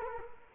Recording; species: mosquito wingbeat signal from an infrared sensor; Culex quinquefasciatus